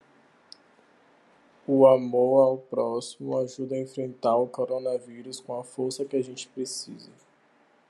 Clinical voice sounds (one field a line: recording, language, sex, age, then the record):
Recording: spoken sentence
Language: Brazilian Portuguese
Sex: male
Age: 20 to 29 years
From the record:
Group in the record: control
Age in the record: 28 years